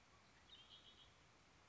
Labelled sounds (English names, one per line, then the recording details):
Red-winged Blackbird
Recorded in Sonoma County, California